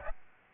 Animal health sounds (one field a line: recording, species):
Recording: mosquito wingbeat signal from an infrared sensor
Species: Aedes albopictus